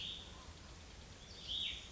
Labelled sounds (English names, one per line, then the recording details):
Cassin's Vireo
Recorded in Sonoma County, California